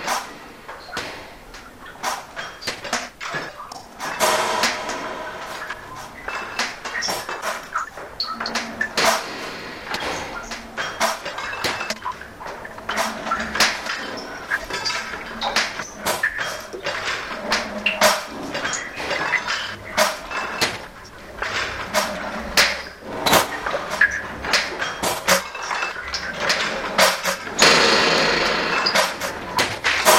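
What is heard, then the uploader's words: A cutlery drawer is yanked and shut again and again, its metal contents rattling and scraping in a dense, busy stream. Sharp clatters land every second or so over a continuous bright jangle, with a louder burst of shaking near the end. A gentle but forceful yank and close of the cutlery drawer, looped and filtered elaborately - phases and grains and such and such through occasional reverbs and ~ring modulators. Augmentations from gentle crypto-rhymic dragging and agitating of the contents; teaspoons, bottle-openers, skewers.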